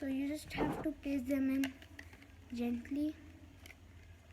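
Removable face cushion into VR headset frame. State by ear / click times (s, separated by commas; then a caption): seated / 3.7 s. A removable, washable face cushion is pressed gently into the plastic frame of a VR headset until its small clips catch. Someone talks through most of the clip, then two quick, faint clicks at 3.7 s and 3.7 s show the pad has seated.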